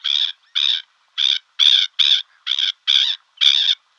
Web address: Schulze Peter Black-winged Stilt